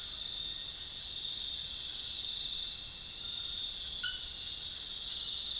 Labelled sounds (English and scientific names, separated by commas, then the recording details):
none
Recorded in pastures near Puerto Asís, Putumayo, Colombia, on 25 June 2025 at 21:30
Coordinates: 0.466, -76.322
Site GP07